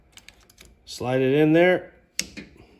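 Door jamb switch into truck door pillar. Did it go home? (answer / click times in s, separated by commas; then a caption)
yes / 2.2 s. A new plastic door jamb switch for a 2001 Ford Ranger is slid into its hole in the truck's door pillar and rotated until its retaining tab snaps into place. Someone talks briefly amid a few faint ticks, then a sharp, loud click comes at 2.2 s as the switch seats.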